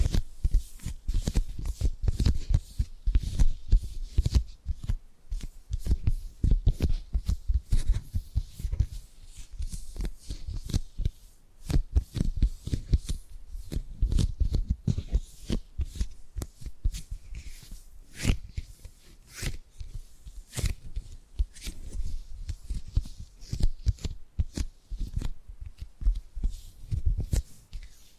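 Tapping and gripping sounds run for the whole stretch as dense, irregular clicks and soft thuds, some with a low knock and others crisp and papery, like cards being shuffled. The pace is quick and uneven, busiest early on, with brief lulls throughout.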